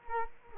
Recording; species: mosquito wingbeat signal from an infrared sensor; Culex quinquefasciatus